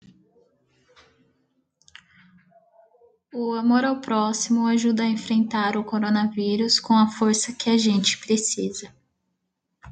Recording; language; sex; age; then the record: spoken sentence; Brazilian Portuguese; female; 18 to 19 years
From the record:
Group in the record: control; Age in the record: 19 years